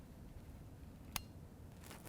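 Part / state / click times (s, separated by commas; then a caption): camera lens onto DSLR body mount / seated / 1.2 s. A camera lens is lined up on a DSLR body mount and twisted until the bayonet lock clicks at 1.2 s, leaving the lens seated and locked on. A few faint ticks and rustles follow near 1.9 s and 2.1 s over a low background hum.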